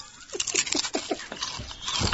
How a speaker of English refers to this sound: are you now eating Mike's and Ike's on the air?